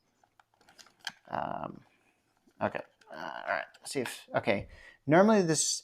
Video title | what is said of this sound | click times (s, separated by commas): Review Fixture S1 from Fixture Gaming, for the Nintendo Switch and Pro Controller | if this was an actual nintendo pro controller it would snap into place it is not | none